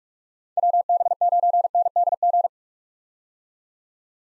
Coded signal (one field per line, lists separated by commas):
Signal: Morse code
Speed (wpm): 42 wpm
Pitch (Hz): 700 Hz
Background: none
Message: WB9NDG